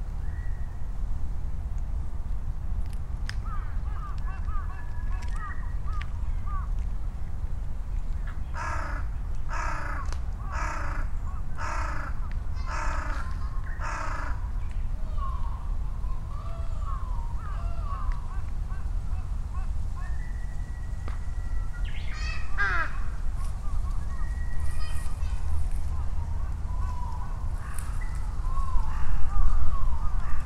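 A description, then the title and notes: Crows call in a burst of five or six harsh caws around the ninth to fifteenth seconds, then answer again near the end. Smaller birds chirp and twitter between them, all over a constant low rumble of traffic that swells slightly toward the close. Recorded on a Sony PCM-M10 with small omnidirectional mics attached to a bicycle handlebar bag. Noisy crows calling and responding, quiet bush warblers and other birds, children playing and other human sounds heard over the rumble of vehicles and aircraft on a Sunday at noon in Ichimiyake, Yasu City, Shiga Prefecture, Japan.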